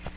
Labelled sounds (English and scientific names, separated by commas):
Magnolia Warbler (Setophaga magnolia) flight call